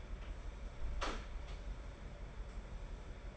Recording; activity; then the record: daily activity, microphone in the room; close door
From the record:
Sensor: 5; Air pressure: 1015.3 hPa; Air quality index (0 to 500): 212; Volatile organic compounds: 11 ppm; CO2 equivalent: 2298 ppm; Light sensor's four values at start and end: 35/80/32/31 and 35/80/32/31